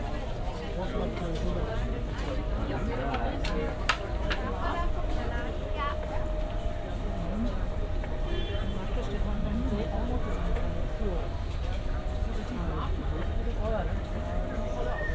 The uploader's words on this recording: Wochenmarkt Winterfeldtplatz. Snippets of conversations on a sunny Saturday morning: Market visitors enjoying the company of others, chatting with sellers about their latest offerings or haggling on price.